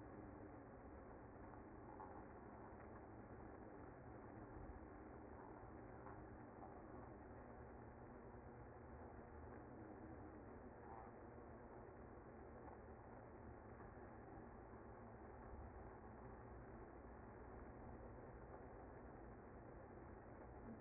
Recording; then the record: honeybee colony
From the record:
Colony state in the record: active